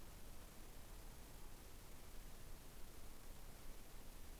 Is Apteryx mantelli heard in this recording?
no